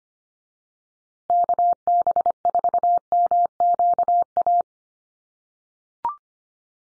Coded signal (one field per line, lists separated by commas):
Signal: Morse code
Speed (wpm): 25 wpm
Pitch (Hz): 700 Hz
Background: none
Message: KB4MQA